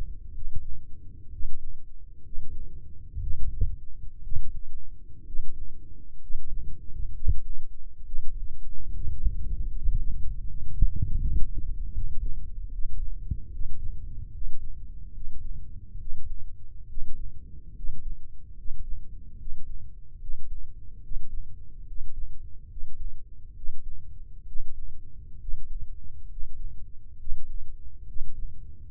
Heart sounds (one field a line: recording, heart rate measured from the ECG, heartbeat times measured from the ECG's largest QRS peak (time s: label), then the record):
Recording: heart sounds by microphone in the left ear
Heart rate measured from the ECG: 69 bpm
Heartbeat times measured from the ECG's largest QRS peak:
0.32 s: heartbeat
1.29 s: heartbeat
2.22 s: heartbeat
3.18 s: heartbeat
4.21 s: heartbeat
5.24 s: heartbeat
6.19 s: heartbeat
7.12 s: heartbeat
8.03 s: heartbeat
8.91 s: heartbeat
9.71 s: heartbeat
10.45 s: heartbeat
11.18 s: heartbeat
11.92 s: heartbeat
12.69 s: heartbeat
13.50 s: heartbeat
14.31 s: heartbeat
15.11 s: heartbeat
15.97 s: heartbeat
16.86 s: heartbeat
17.73 s: heartbeat
18.54 s: heartbeat
19.36 s: heartbeat
20.18 s: heartbeat
21.00 s: heartbeat
21.85 s: heartbeat
22.67 s: heartbeat
23.53 s: heartbeat
24.44 s: heartbeat
25.38 s: heartbeat
26.27 s: heartbeat
27.16 s: heartbeat
28.05 s: heartbeat
28.89 s: heartbeat
From the record:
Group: healthy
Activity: rest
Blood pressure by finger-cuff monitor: 117/72 mmHg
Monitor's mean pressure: 84 mmHg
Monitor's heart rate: 71 bpm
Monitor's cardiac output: 6.7 L/min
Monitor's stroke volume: 93 mL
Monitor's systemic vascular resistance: 920 dyn s/cm5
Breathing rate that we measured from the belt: 15 breaths a minute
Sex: male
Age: 23 years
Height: 178 cm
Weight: 96.6 kg